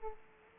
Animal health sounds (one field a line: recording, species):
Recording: mosquito wingbeat signal from an infrared sensor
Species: Aedes aegypti